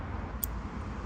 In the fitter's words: You heard it click, and then we'll do the black one next, and you'll hear it click as well.